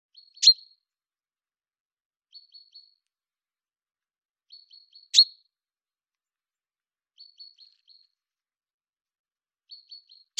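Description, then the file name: Common chaffinch calls: clusters of three or four short high notes repeated roughly every two and a half seconds, with occasional loud sharp clicks. "Fringilla coelebs"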